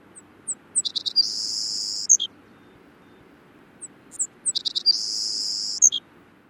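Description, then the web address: Savannah Sparrow song: a few thin high chips lead into a long buzzy trill ending in a brief sharp note, delivered twice about four seconds apart over a faint low hum. "Thumbs Plus Zoo Field Guide"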